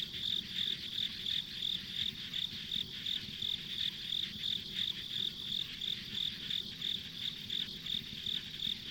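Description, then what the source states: Insects chirping, a steady high-pitched pulse repeated about three times a second over a dense hissing chorus, with a low rumble underneath. Ambient insect sounds on a rural country road.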